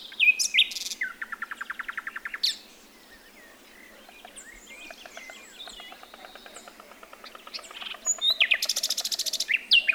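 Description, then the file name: Common nightingale singing varied phrases: a fast rattling series of repeated notes, then soft slurred whistles, ending in a loud, buzzy high burst. "Luscinia megarhynchos"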